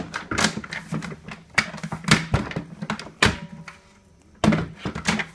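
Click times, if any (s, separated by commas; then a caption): none. Someone handles and refits the plastic lid/bowl of a Moulinex Companion kitchen food processor after clipping it badly, producing a series of sharp plastic knocks and thunks, with the loudest around 1.6, 2.1 and 3.2 s, a quieter stretch, and another burst of handling near 4.4 s. Nothing has seated or clicked yet.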